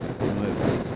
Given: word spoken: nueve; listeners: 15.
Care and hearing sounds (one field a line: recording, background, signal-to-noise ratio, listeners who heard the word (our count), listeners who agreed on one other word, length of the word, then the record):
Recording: one Spanish word in noise, from a listening test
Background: noise modulated by three-talker babble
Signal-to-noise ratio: -5.3 dB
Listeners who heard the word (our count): 0 of 15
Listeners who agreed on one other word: 10 of 15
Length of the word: 0.56 s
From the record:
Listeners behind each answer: 10, 1, 1, 1, 1, 1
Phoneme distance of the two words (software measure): 10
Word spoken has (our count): 2 syllables, 5 phonemes, stress on syllable 1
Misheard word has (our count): 2 syllables, 5 phonemes, stress on syllable 1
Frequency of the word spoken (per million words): 79.00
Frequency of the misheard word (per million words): 506.44